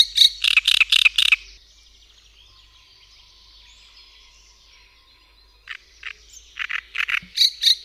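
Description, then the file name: Great reed warbler song: a rapid burst of rasping, chattering notes, a pause of several seconds with faint background hiss, then the harsh, grating phrases start again. "Trzciniak"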